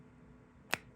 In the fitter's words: You can hear the cap goes on with a lovely satisfying click, as it should.